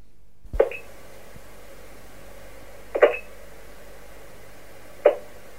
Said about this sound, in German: Telefon-Ferngesprächsleitung zu den Fidschi-Inseln.